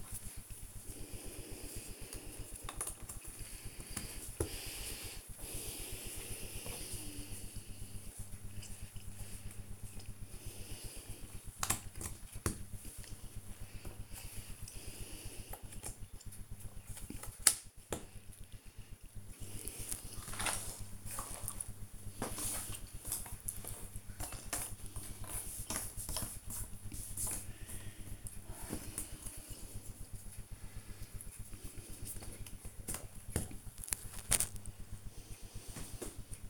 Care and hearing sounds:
household activities, microphone on the right wrist
0.00-36.50 s: doing a puzzle

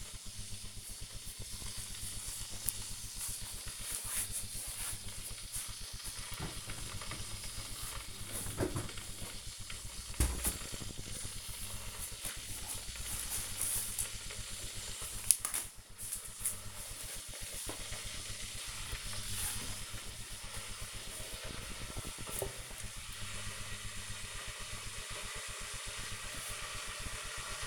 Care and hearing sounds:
household activities, microphone on the right wrist
0.00-27.67 s: making tea

